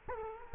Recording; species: mosquito wingbeat signal from an infrared sensor; Culex quinquefasciatus